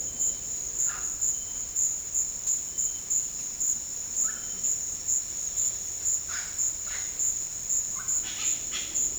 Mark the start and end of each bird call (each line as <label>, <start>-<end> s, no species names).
bird call, 0.86-1.12 s
bird call, 4.21-4.64 s
bird call, 6.15-7.15 s
bird call, 8.13-9.19 s